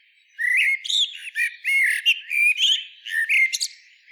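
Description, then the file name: Common blackbird song: a run of mellow, slurred whistles and warbles with brief high twittery accents. "Turdus merula"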